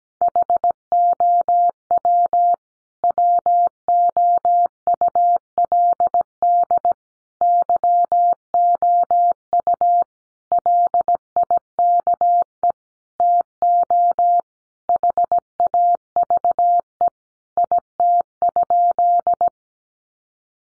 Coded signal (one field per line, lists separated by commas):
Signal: Morse code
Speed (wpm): 17 wpm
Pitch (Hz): 700 Hz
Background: none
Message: HOW WOULD YOU LIKE TO HAVE IT?